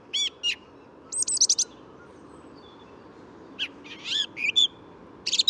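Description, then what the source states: Song Thrush song: sharp repeated notes and high phrases, a quiet pause in the middle, then more phrases, over a steady low background hum. Same bird singing about twenty metres up in what looked like an ash, above the recordist, at wood's edge near a road; Bois de Vincennes, 14 February 2019, morning, sunny; Nagra Seven, Telinga parabola.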